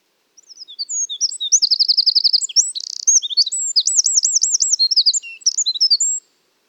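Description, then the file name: Eurasian wren singing a fast, high, energetic phrase of chattering notes, quick trills, a brief buzzy rattle and a rolling looped trill, roughly six seconds long with a quiet background. "Troglodytes troglodytes"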